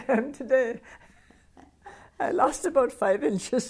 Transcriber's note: laughs